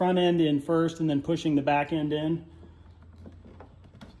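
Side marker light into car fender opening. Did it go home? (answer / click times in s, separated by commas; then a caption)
yes / 4.0 s. Someone talks for the first 2.4 seconds while a Porsche Boxster or Cayman side marker light housing is inserted into the car fender opening front end first, then the back end is pushed in against the spring clip. A few faint ticks follow, and the side marker light snaps into the body panel opening with a sharp click at 4.0 s, seated.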